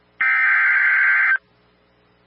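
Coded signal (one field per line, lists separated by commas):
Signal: Emergency Alert System (SAME) tones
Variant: header bursts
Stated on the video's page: Real EAS audio for a tornado emergency and a severe thunderstorm warning.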